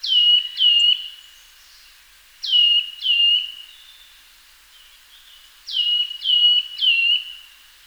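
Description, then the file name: Eurasian nuthatch repeating sharp, falling whistled notes in clusters of two and three, separated by short quiet gaps with soft background hiss. "Sitta europaea"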